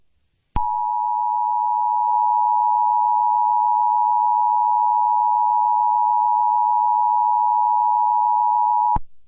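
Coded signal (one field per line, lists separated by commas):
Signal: Emergency Alert System (SAME) tones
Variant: 853 and 960 Hz attention tone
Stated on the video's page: Fictional EAS scenario using valid EAS tones.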